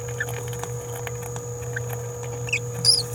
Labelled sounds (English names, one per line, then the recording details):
Green-rumped Parrotlet babbling
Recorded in a nest box in Venezuela
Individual 18B17A3